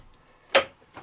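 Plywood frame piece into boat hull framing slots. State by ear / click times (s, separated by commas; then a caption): not seated / none. A laser-cut plywood part is pressed into its slot in the wooden bulkhead and sponson framing of an R/C hydroplane boat kit during a dry-fit, and the assembly also has to be lifted. A faint tick at 0.1 s, a sharp wooden knock at 0.6 s and a softer knock near 1.0 s are heard. Nothing has seated or clicked in yet, so the part still needs more work.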